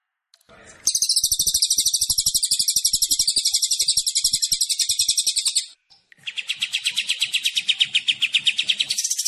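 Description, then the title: Kapas tembak and Cililin: bird song with a long, rapid, piercingly high trill of repeated notes, followed after a brief gap by a slightly lower, chattering series. Clear masteran combination of two songbirds for songbird training. "Masteran Kombinasi KAPAS TEMBAK VS CILILIN Jernih"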